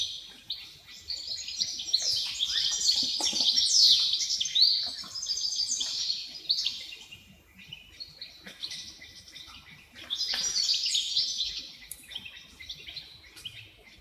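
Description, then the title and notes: Many wrens giving shimmering high trills and squeaky chips, swelling into two loud bursts separated by a quieter stretch of scattered twitters. Dozens of wrens in the backyard of a home in Dover, southern Tasmania. "Nature Sounds Tasmania - Dover Wrens. The sounds of dozens of wrens in the backyard of a home in Dover, southern Tasmania"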